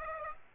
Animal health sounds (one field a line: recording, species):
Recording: mosquito wingbeat signal from an infrared sensor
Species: Aedes aegypti